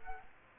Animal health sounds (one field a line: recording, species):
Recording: mosquito wingbeat signal from an infrared sensor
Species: Culex quinquefasciatus